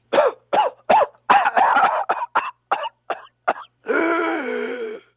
These days, it's more likely to sound like this. Demonstrating an adult whooping cough fit. Sometimes that spasm of coughing can be so severe that they break ribs or vomit at the end of the coughing or find themselves almost breathless.